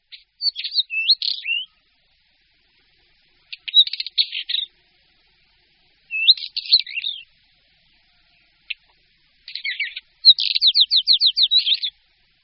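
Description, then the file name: Northern wheatear delivers several scratchy phrases of clicks and twisting whistles every few seconds, the last running into a fast series of rasping repeated notes. "Bělořit-šedý"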